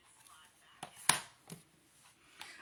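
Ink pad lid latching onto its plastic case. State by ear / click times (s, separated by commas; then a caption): seated / 1.1 s. A plastic ink pad lid is slid back and folded down onto its plastic case. Its latch catches with one sharp click at 1.1 s, and softer taps come before and after it. The ink pad case latches shut.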